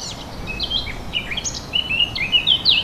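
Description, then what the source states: Warbler song, a brisk, high-pitched warble of mixed twittering notes over steady background noise throughout. Portable MiniDisc recorder; 5 April 2014.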